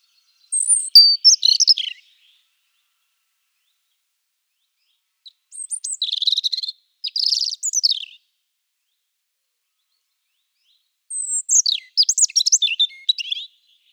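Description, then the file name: European robin song: three separate high phrases of varied thin notes and trills, with long pauses between. "erithacus rubecula"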